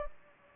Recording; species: mosquito wingbeat signal from an infrared sensor; Anopheles gambiae